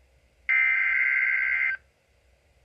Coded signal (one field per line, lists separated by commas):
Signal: Emergency Alert System (SAME) tones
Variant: header bursts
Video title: EAS Alerts #9 & #10 Double Header #1 (Severe T Storm Warning #7 & Severe T Storm Watch #2) 5/21/18